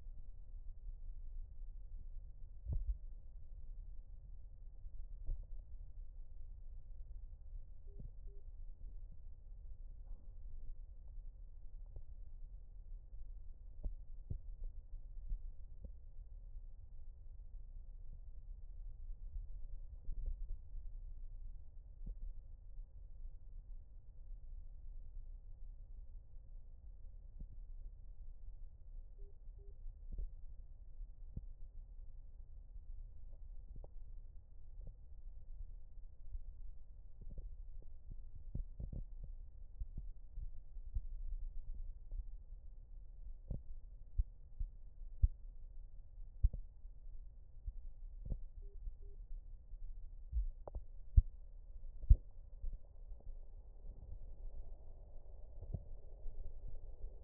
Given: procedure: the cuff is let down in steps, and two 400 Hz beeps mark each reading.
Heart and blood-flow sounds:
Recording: Korotkoff sounds by stethoscope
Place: brachial artery, at the lower edge of an arm cuff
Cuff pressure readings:
7.87-8.40 s: 140 mmHg
29.19-29.71 s: 130 mmHg
48.62-49.15 s: 120 mmHg
From the record:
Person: healthy adult, 24 to 32 years, lying on the back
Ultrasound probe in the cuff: middle

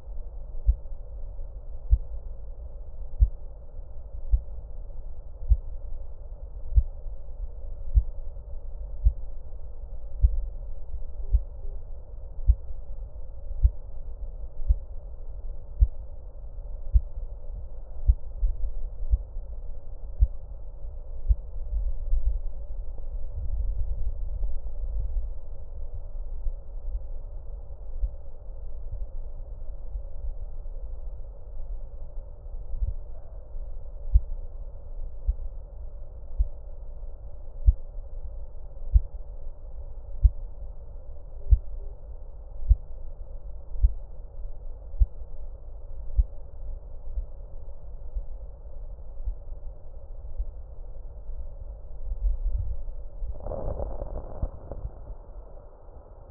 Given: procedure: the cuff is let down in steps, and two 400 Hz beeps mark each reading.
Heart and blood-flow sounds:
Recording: Korotkoff sounds by stethoscope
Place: brachial artery, at the lower edge of an arm cuff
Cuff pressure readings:
11.23-11.75 s: 85 mmHg
41.40-41.92 s: 75 mmHg
From the record:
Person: healthy adult, 24 to 32 years, lying on the back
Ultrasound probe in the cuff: middle

